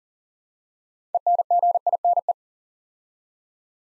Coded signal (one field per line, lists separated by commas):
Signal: Morse code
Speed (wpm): 41 wpm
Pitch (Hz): 700 Hz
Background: none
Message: ENGINE